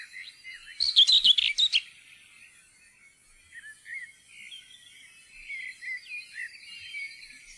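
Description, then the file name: Common whitethroat delivers a single rapid, grating warble near the start; softer twittering and whistles continue in the background for several seconds afterward. "tornsanger"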